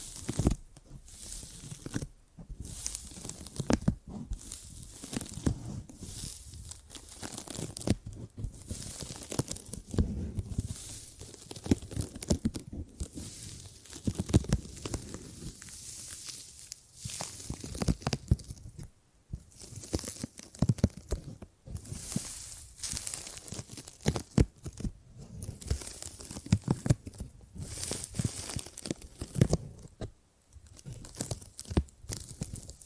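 Gripping and grabbing sounds made of dense, rustling handling noise that tears and crinkles almost continuously. Bursts of crunching come irregularly every second or so, with brief near-silent pauses around 19, 21 and 30 seconds, and low thumps scattered throughout.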